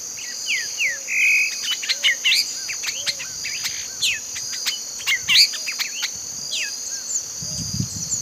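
Bird calls, repeated quick falling whistles and a brief flat note, set against a loud, unbroken high-pitched insect buzz.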